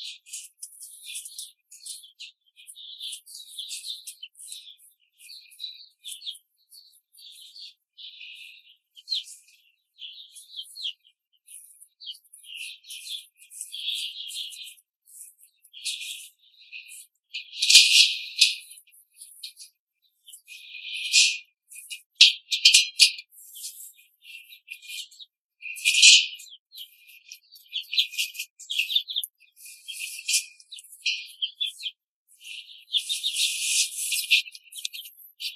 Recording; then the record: young laying hens in a cage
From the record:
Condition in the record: control cage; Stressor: none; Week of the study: 5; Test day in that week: 1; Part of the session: 4